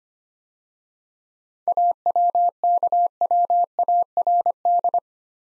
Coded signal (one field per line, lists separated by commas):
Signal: Morse code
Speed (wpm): 25 wpm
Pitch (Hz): 700 Hz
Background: none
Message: AWKWARD